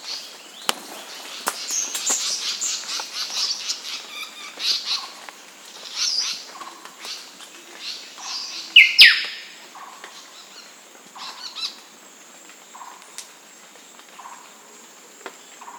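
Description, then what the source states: Bird calls, a dense run of short high chirps and twitters with a sharp descending note midway, over a constant high hiss. Recorded in Papua New Guinea.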